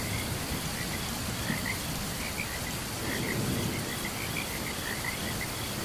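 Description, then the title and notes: Frogs chirping in scattered, irregularly spaced bursts over a softer bed of rain and insect buzz. Frogs calling alongside crickets during a thunderstorm. "Frogs and Crickets Chirping During Thunderstorm. Sleep and Relaxation Podcast"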